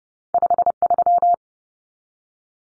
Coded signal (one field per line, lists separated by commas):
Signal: Morse code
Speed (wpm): 30 wpm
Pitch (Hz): 700 Hz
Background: none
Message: 53